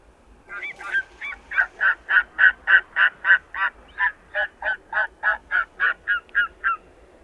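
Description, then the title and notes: Steller's sea eagle calling: a long series of about twenty harsh, barking notes, repeated evenly around three per second, swelling in strength then easing off. "Águia Marinha de Steller – Características, Habitat e Canto!. Pássaros"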